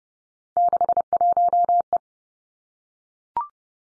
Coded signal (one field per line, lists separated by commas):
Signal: Morse code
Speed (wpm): 30 wpm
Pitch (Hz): 700 Hz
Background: none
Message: 61E